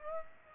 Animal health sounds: mosquito wingbeat signal from an infrared sensor; Aedes aegypti

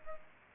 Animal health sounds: mosquito wingbeat signal from an infrared sensor; Culex pipiens

